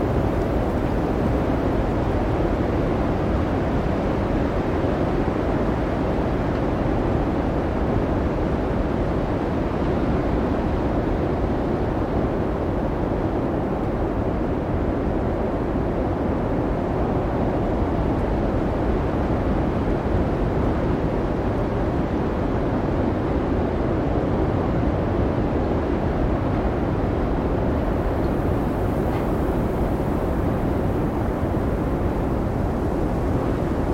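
A roaring blizzard wind in Iceland, thick and unbroken for the whole stretch, heaviest in the low rumble with a rushing hiss above. The loudness barely shifts, a dense, steady wall of storm noise with no distinct gusts or separate events standing out.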